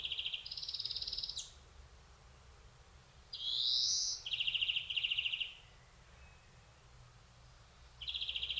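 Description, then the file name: European greenfinch delivering a trill then a higher sustained buzz, later a strong rising wheeze and two rattled trills, with a final trill after a quiet gap. "Chloris chloris"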